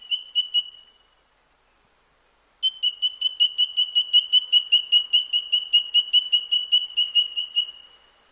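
White-throated treecreeper call: a few high piping notes, a pause, then a long fast even series at a single pitch.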